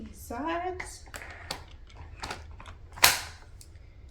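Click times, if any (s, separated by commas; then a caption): 3.0 s. Someone talks as the seat of a Joie Ginger & Mint Latch Travel System stroller is turned around by pressing the side buttons and pushed back onto the frame adapters. Several small clicks and knocks come before a sharp, loud click at 3.0 s, when the seat locks onto the stroller frame mounts and is seated.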